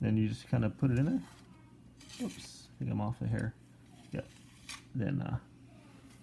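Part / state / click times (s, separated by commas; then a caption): drawer slide inner rail into the cabinet-mounted slide / not seated / none. A drawer slide inner rail is being handled and fitted toward the cabinet-mounted slide while someone talks, with a few brief handling knocks between the words. Nothing has seated or clicked yet; the clip ends just before the rail goes home.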